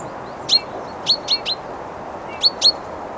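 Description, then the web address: Great tit calls: sharp, bright notes sweeping down, given singly and in quick pairs, six in about three seconds, over a steady low hiss. "SETE data Parus major"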